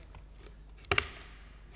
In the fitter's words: as well as the large pedestal these also will snap into place